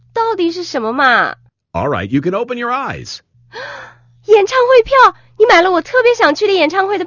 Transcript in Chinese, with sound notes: 到底是什么啊？
Alright, you can open your eyes!
(Gasp) 演唱会票!你买了我特别想去的演唱会的票？!